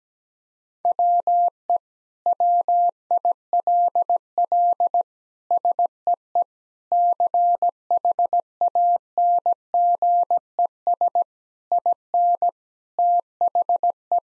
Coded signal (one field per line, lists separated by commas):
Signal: Morse code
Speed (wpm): 17 wpm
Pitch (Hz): 700 Hz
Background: none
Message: WE WILL SEE CHANGES IN THE